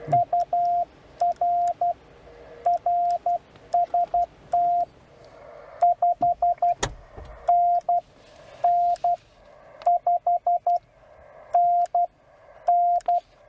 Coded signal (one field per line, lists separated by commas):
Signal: Morse code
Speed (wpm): 12 wpm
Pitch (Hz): 700 Hz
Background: radio noise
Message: UR RST 5NN 5NN